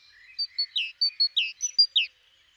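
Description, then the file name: Great tit giving a brief run of sharp high notes mixed with lower downward-sweeping notes, ending abruptly. "Parus major"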